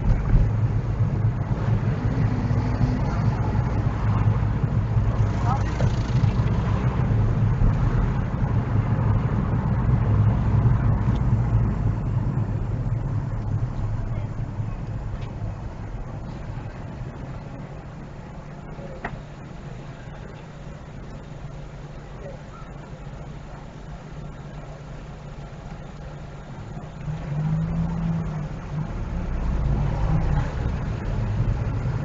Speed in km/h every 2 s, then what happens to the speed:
16, 16, 19, 21, 19, 15, 10, 5, 0, 0, 0, 0, 0, 0, 11, 16.
0-7 steady at about 16. 7-15 slows to 0. 15-26 standing. 26-32 pulls away to 16.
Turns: none.